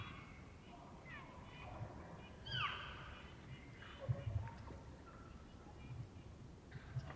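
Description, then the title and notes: Elk calling with a bright whistled sweep that slides downward, followed by fainter tones and a few low knocks. Bull elk roaring closer and far during the rut, morning of September 18, Colockum Wildlife Area; males vocal just before hunting season. "Elk Bull Roars Closer And Far With Challenges, Galloping, And Clashing Antlers. morning of September 18, starting pre-dawn. It was rutting season in the Colockum Wildlife area"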